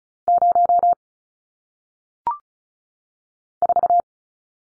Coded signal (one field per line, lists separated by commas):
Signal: Morse code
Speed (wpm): 35 wpm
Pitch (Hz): 700 Hz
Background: none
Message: 0 4